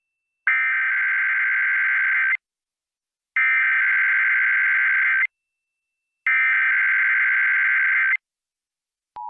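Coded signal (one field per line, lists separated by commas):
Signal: Emergency Alert System (SAME) tones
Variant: header bursts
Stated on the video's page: Required Monthly Test alert tones, shown with a WeatherSTAR 4000 display.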